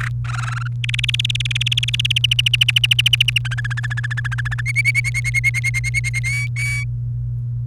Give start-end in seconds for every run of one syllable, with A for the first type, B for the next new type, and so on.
0.00-0.08 A, 0.25-0.68 B, 0.84-2.18 C, 2.24-3.38 D, 3.45-4.61 E, 4.66-6.21 F, 6.24-6.84 G